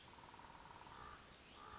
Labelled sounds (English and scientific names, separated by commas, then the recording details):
Common Raven (Corvus corax)
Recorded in Sonoma County, California